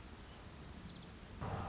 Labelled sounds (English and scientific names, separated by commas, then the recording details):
Orange-crowned Warbler (Leiothlypis celata)
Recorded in Sonoma County, California